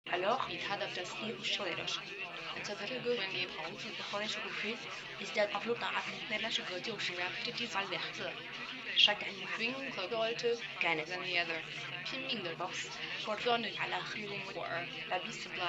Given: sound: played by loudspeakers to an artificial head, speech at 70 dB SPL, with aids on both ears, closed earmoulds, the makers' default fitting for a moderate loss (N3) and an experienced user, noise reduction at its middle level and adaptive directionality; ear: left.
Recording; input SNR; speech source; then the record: speech test signal (ISTS) in cocktail-party noise; +3 dB; in front (0 degrees)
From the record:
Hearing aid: class 1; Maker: F